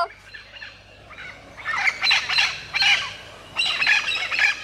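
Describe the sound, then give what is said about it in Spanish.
A passing flock of green parrots squawks in harsh, overlapping bursts, three loud raucous clusters following a quieter stretch of scattered chirps, with no one speaking. “Colgando de la soga, como estaba, vio pasar una bandada de loros verdes.”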